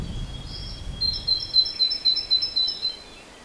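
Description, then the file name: Great tit calls: a quick series of sharp, high, clipped notes repeated about four times a second, over low background rumble. "Parus major"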